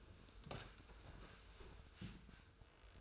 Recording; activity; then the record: daily activity, microphone in the room; sit down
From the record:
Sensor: 2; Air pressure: 1004.9 hPa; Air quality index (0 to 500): 99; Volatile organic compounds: 2 ppm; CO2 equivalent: 1195 ppm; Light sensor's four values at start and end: 7/17/7/7 and 7/17/7/7